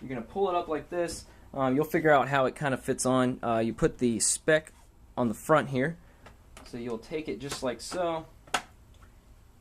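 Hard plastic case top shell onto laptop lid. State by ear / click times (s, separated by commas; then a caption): seated / 8.5 s. Someone talks while pressing the hard plastic top shell of a Speck hard-shell laptop case onto the lid of a MacBook. A single sharp plastic snap is heard at 8.5 s as the shell seats into place.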